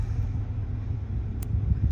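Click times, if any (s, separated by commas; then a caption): 1.4 s. A crimped terminal is pushed through the grommet on the back side of a multi-pin Deutsch connector housing until it locks. A sharp click comes at 1.4 s over a steady low rumble, and the terminal is seated.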